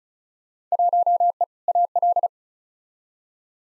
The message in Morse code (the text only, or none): 1E AL